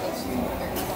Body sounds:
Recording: background sound without coughing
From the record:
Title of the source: 40 min - Ambience sounds UNIVERSITY lunchroom chatting

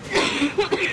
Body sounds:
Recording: coughing mixed with background sound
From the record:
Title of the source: 64 coughing, allergies, singing lungs

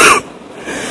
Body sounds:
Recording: coughing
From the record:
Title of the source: 31 night wet cough

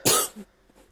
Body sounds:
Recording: coughing mixed with background sound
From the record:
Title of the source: 30 Chesty and wet cough

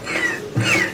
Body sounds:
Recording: coughing mixed with background sound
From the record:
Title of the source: Cough Around the Clock!

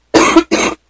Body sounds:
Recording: coughing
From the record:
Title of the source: 61 morning phlegmy cough...again

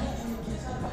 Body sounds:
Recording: background sound without coughing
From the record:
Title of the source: 60 minutes of coffee shop sounds for study and concentration

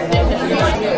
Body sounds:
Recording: background sound without coughing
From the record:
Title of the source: Nightlife Party Simulating Party Club Noise 1 Hour

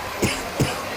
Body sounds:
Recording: coughing mixed with background sound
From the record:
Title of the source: Dry Afternoon Cough

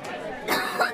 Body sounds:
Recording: coughing mixed with background sound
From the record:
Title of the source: choking, hacking coughing

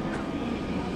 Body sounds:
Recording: coughing mixed with background sound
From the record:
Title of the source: female coughing - coughing sound effects girl

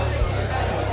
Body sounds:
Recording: background sound without coughing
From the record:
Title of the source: CITY SOUNDS Busy Bar in the Evening Night - 2 HOURS of Ambiance for Relaxation

